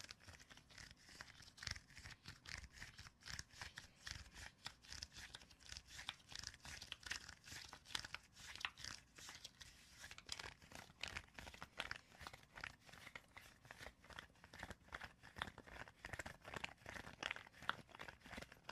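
Dense, busy tapping and scratching runs throughout, with rapid irregular clicks and crinkly rustles, steady in level with no pauses.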